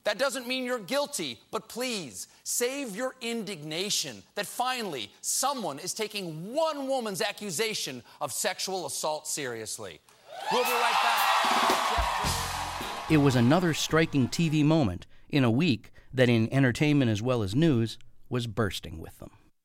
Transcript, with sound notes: That doesn't mean you're guilty. But please, save your indignation that finally someone is taking one woman's accusation of sexual assault seriously. We'll be right back with...
(CHEERING)
It was another striking TV moment in a week that, in entertainment as well as news, was bursting with them.